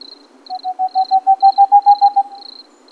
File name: Boreal Owl